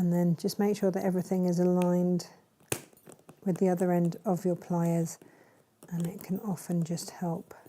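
Someone talks while lining up the two ends of a metal tubular frame pushed into the channel of a velvet bag, easing them along with the other end of a pair of pliers. A sharp tap at 2.7 s and a few faint ticks up to 3.3 s are heard amid the handling. The frame has not clicked into place yet.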